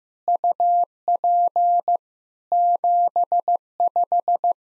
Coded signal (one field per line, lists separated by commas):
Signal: Morse code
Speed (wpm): 16 wpm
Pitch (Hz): 700 Hz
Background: none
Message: UP 75